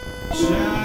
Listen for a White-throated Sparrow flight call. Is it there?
no